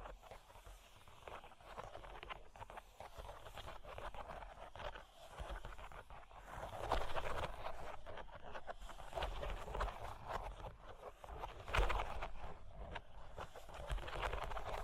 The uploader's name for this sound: Cork and Wood Tapping, Scratching, Tracing